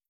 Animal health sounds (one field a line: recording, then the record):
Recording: hydrophone in a shrimp aquaculture tank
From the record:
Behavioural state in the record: starved